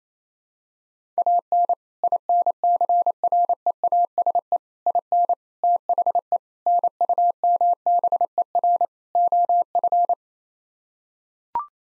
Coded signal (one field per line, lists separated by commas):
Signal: Morse code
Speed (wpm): 27 wpm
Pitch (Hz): 700 Hz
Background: none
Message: AN INCREASE IN THE NUMBER OF